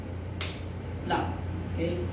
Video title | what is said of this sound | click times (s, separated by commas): SCBA Donning Instruction | Then magki-click siya and then magla-lock na yan siya. | 0.4 s